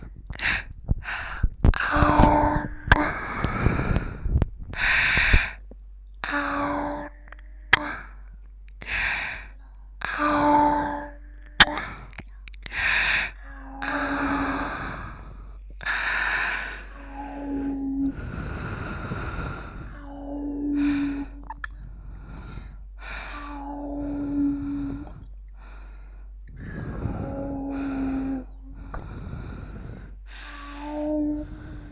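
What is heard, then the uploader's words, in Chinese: Two people make rough, intense mouth sounds: wet smacks, clicks and sucking bursts in quick clusters, often separated by brief silences. Early on the sounds are dense and crackly; later come longer breathy pulls with squeaky tones every couple of seconds. 双人口腔音。双人效果口腔音（略暴力）。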